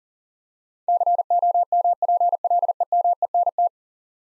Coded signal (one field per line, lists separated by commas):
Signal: Morse code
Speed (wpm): 40 wpm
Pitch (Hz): 700 Hz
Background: none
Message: COMPLEMENT